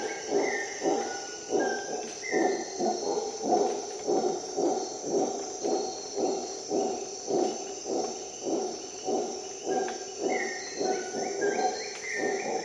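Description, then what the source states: Howler monkey howls: rough pulsed roaring repeated throughout, over a steady high insect drone with short whistled bird notes. Recorded at dawn in the Costa Rica jungle on an expedition.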